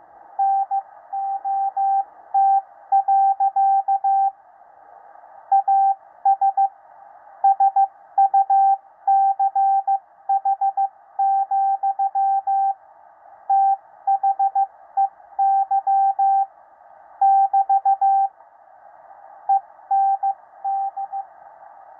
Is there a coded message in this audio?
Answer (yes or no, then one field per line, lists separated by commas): yes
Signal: Morse code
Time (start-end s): 0.4-21.2 s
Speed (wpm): 15 wpm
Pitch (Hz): 780 Hz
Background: radio noise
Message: NOT. AS SUCH, THEY <BT> END